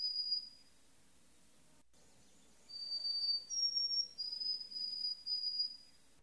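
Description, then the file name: White-throated sparrow whistled song: a short high whistle, a pause and a brief click, then a run of clear whistled notes. "White-Throated Sparrow Monty Brigham"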